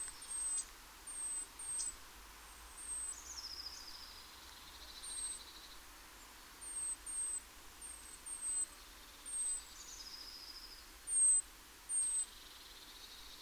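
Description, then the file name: Great tit calls: thin, very high notes sliding slightly downward, given in irregular pairs and short runs, with fainter, lower descending notes between some of them. "Parus major"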